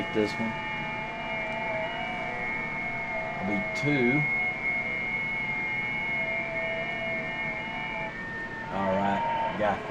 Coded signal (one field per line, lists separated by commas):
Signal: FT8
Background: speech